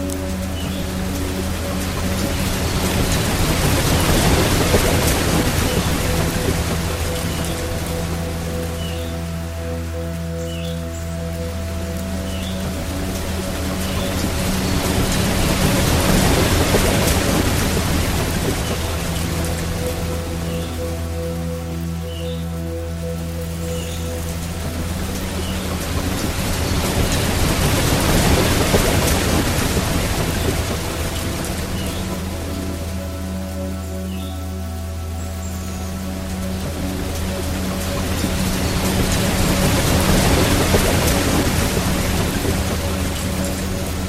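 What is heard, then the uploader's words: Rushing water fills the recording, swelling and easing in slow waves roughly every twelve seconds. Beneath it sit steady, sustained low tones that hold unchanged throughout, and faint high chirps flicker occasionally above the wash. The serene sounds of a cascading waterfall. Relaxing Piano Music and Waterfall Stream.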